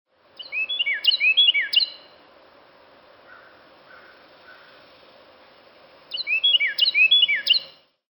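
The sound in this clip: Carolina wren song: two loud bursts of rapidly repeated, ringing downslurred phrases, separated by a pause, over a steady low hum.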